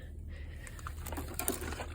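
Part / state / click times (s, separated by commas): nozzle cover onto carpet shampooer base / not seated / none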